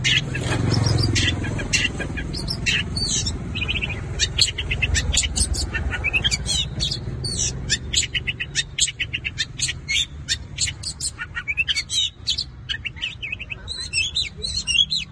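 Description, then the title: Long-tailed shrike song: a dense, fast run of varied high chirps and sharp notes, growing more scattered toward the end. Combination song (kombinasi) style. "Cendet Kombinasi"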